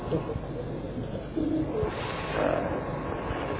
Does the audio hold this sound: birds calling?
yes